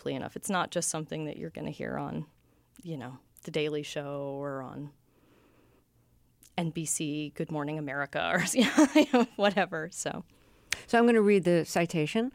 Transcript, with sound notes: It's not just something you're going to hear on, you know, "The Daily Show" or on NBC, "Good Morning America" or (laughter) whatever so...
So I'm going to read the citation...